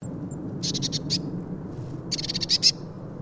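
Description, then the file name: Eurasian blue tit calls: two thin high notes, then two buzzy, rapidly pulsed churring bursts about 1.5 seconds apart, over a low steady rumble. "Cyanistes caeruleus"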